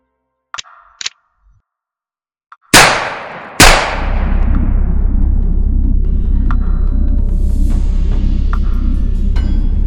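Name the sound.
pistol gunshot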